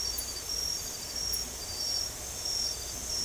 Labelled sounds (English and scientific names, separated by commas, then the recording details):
none
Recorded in secondary vegetation near Puerto Asís, Putumayo, Colombia, on 18 December 2024 at 22:30
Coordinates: 0.468, -76.324
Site G095